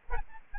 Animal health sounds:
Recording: mosquito wingbeat signal from an infrared sensor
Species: Aedes albopictus

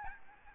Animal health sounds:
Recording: mosquito wingbeat signal from an infrared sensor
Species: Aedes albopictus

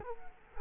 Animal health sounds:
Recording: mosquito wingbeat signal from an infrared sensor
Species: Culex quinquefasciatus

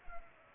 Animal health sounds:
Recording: mosquito wingbeat signal from an infrared sensor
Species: Culex pipiens

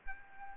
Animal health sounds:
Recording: mosquito wingbeat signal from an infrared sensor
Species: Aedes aegypti

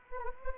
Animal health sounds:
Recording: mosquito wingbeat signal from an infrared sensor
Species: Anopheles gambiae

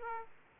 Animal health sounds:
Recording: mosquito wingbeat signal from an infrared sensor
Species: Aedes aegypti

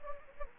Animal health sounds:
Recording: mosquito wingbeat signal from an infrared sensor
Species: Anopheles arabiensis

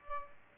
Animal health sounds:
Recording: mosquito wingbeat signal from an infrared sensor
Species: Aedes albopictus

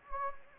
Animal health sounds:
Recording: mosquito wingbeat signal from an infrared sensor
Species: Anopheles gambiae

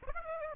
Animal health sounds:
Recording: mosquito wingbeat signal from an infrared sensor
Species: Aedes aegypti

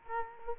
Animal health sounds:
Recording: mosquito wingbeat signal from an infrared sensor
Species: Culex quinquefasciatus

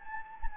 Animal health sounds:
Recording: mosquito wingbeat signal from an infrared sensor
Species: Anopheles gambiae

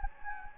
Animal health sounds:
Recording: mosquito wingbeat signal from an infrared sensor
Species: Anopheles gambiae

